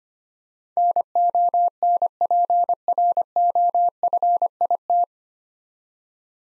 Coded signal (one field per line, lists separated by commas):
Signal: Morse code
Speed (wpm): 25 wpm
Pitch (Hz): 700 Hz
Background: none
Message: NONPROFIT